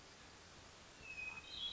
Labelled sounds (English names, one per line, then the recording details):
Hermit Thrush
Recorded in Sonoma County, California